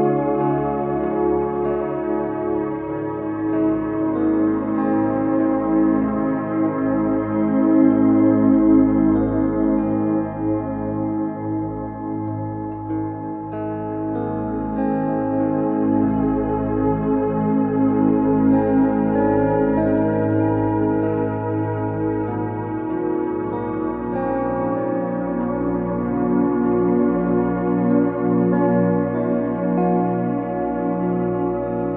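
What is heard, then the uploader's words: An 852 Hz Solfeggio tone rests inside a steady, dense drone of layered sustained tones, swelling gently around eight and twenty seconds. Frequency 852 Hz - Solfeggio.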